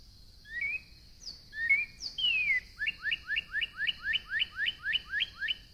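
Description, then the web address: Northern cardinal song opening with slurred whistles and a long falling note, then many quick rising whistled notes repeated evenly, with a constant high hum behind. "birds Northern Cardinal"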